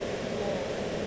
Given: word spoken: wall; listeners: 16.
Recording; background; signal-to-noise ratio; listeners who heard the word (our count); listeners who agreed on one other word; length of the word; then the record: one English word in noise, from a listening test; speech-shaped noise; -6.4 dB; 0 of 16; 7 of 16; 0.67 s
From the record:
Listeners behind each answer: 7, 3, 2, 1, 1, 1, 1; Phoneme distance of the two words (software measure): 7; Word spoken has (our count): 1 syllable, 3 phonemes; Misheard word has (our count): 1 syllable, 2 phonemes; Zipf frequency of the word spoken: 5.05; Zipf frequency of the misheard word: 5.34